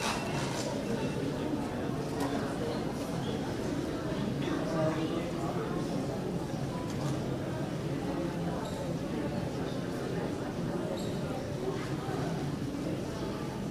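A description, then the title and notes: Waiting in an airport terminal as shops and restaurants open, with a steady wash of overlapping voices and chatter filling the low and middle range throughout. Small clicks and clinks surface now and then, and the level stays even across the whole stretch. Waiting in Terminal 3 At The Ft.Lauderdale Airport. It's an early morning flight so you will hear sounds of shops and restaurants starting to open as passengers file their way in.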